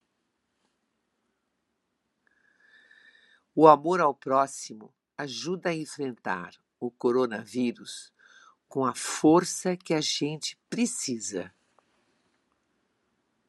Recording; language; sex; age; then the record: spoken sentence; Brazilian Portuguese; female; 70 to 79 years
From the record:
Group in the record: control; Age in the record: 79 years